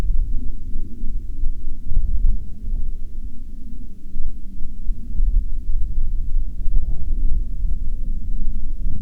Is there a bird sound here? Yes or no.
no